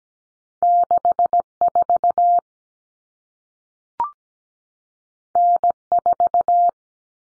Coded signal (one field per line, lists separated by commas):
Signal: Morse code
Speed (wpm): 17 wpm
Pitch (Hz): 700 Hz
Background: none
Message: 64 N4